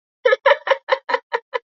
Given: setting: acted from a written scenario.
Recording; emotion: vocal sound without words; amusement